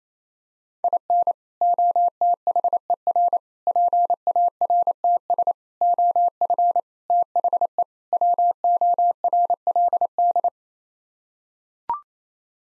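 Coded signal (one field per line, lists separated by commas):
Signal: Morse code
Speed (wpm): 28 wpm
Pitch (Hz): 700 Hz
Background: none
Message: IN OTHER PARTS OF THE WORLD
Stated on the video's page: Morse code head-copy practice of six-word sets at 28 wpm, each set sent, spoken, then sent again.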